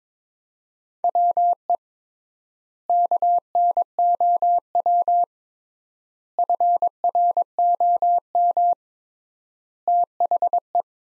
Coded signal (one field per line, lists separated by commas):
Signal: Morse code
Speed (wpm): 22 wpm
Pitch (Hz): 700 Hz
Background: none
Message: WE KNOW FROM THE